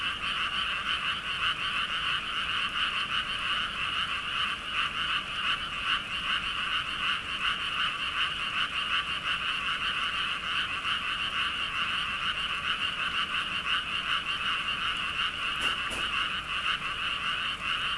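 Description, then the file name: Frog chorus of many overlapping trilled croaks forming an unbroken pulsing drone throughout. "kaeru"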